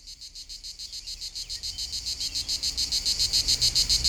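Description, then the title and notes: Cicada buzzing that swells from quiet to loud, rapid regular pulses of shrill sound continuing throughout. Local cicadas in full activity on a hot summer day at the foot of the Molard de Vions, Vions, France. "39 Rue De BOVERON, 73310 Vions, France - Rythmique des cigales. Par une chaude journée d'été les cigales locales sont en pleine activité au pied du Molard de Vions"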